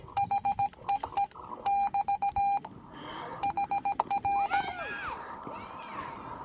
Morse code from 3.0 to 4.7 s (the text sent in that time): HR